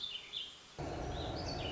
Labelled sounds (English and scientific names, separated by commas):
Warbling Vireo (Vireo gilvus)